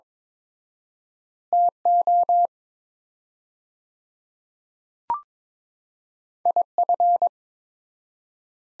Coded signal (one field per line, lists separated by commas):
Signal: Morse code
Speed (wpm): 22 wpm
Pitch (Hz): 700 Hz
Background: none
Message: TO IF